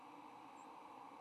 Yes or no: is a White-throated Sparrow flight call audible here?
no